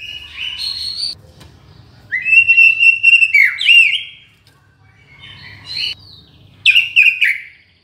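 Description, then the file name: White-rumped shama song: bursts of varied whistles, from steady pure tones to fast downslurred and upswept notes, separated by short pauses over a low hum. Borneo. "murai batu borneo"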